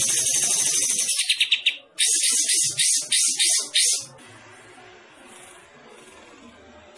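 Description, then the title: Bulbul singing a fast, busy run of high chirps and trills for about four seconds, then near-quiet with only a soft background hiss. Described as gacor, meaning singing actively. "Kapas Tembak Gacor"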